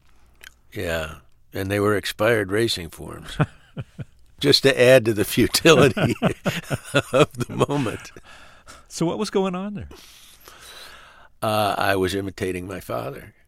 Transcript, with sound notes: Yeah. And they were expired racing forms, just to add to the futility of the moment.
(SOUNDBITE OF LAUGHTER)
So what was going on there?
I was imitating my father,